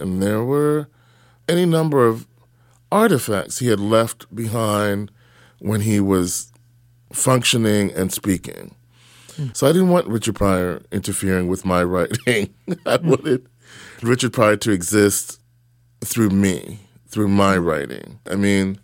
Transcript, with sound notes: there were any number of artifacts he had left behind when he was functioning and speaking. So I didn't want Richard Pryor interfering with my writing (laughter). I wanted Richard Pryor to exist through me, through my writing.